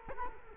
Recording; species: mosquito wingbeat signal from an infrared sensor; Culex quinquefasciatus